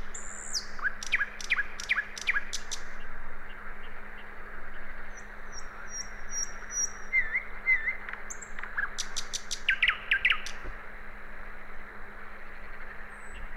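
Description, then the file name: Common nightingale song: a run of rapid sharp notes, high thin whistles and short looping phrases, with steady low hum underneath. "Luscinia megarhynchos"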